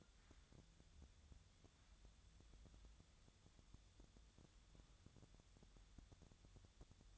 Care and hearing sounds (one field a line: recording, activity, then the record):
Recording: daily activity, microphone in the room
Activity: wipe stove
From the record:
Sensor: 3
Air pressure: 1004.8 hPa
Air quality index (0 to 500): 74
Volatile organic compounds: 2 ppm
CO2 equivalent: 1111 ppm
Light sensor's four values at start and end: 8/19/8/7 and 8/19/8/7